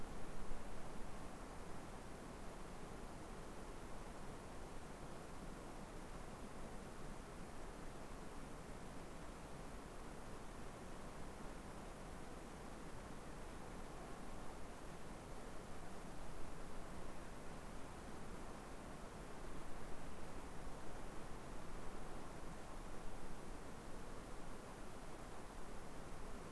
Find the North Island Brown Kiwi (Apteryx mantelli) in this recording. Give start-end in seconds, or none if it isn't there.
none